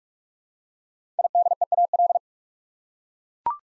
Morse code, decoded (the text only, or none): IDEAL